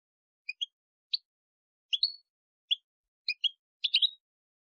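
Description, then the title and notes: European goldfinch with scattered, high, liquid twitters and chirps spaced irregularly, ending in a denser tinkling cluster, with silence between the notes. Clean goldfinch song, for copying in song training. "Cd Jilguero. Cd de canto de jilguero limpio para copia"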